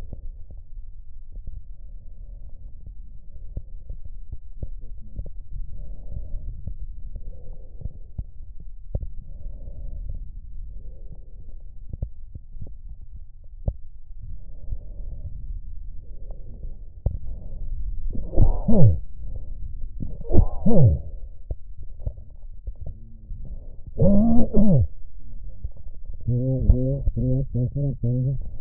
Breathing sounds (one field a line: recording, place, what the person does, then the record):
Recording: lung sounds by stethoscope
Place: right posterior apical chest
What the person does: quiet breathing, then cough and speech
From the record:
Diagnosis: pulmonary infection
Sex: male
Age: 54 years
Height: 187 cm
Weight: 95 kg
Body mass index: 27.2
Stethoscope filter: extended mode